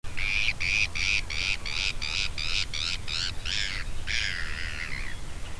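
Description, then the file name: Bonaparte's gull calls: a rapid series of about ten harsh, grating notes, then a longer drawn-out rasping note, over steady low rumbling background noise. "Chroicocephalus philadelphia"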